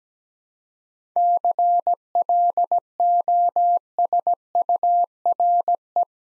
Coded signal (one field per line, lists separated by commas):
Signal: Morse code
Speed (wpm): 17 wpm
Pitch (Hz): 700 Hz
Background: none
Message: CLOSURE